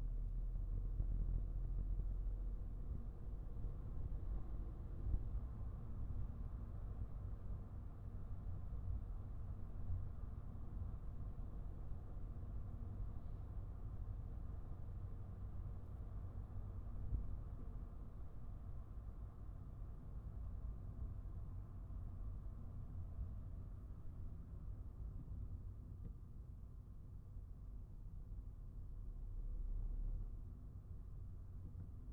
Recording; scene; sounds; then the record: everyday scene through a hearing-aid microphone; in a vehicle; engine, highway driving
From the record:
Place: Skoda Fabia, gasoline engine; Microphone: behind the ear, right, rear